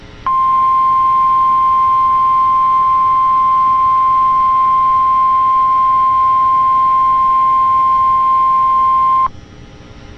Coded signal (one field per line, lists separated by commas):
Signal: Emergency Alert System (SAME) tones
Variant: 1050 Hz attention tone